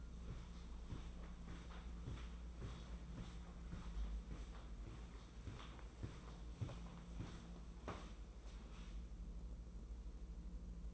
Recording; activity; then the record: daily activity, microphone in the room; walk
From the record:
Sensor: 1